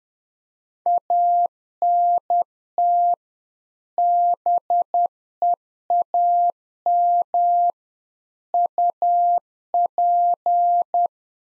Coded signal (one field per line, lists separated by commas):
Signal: Morse code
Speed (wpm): 10 wpm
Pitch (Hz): 700 Hz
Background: none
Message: ANT BEAM UP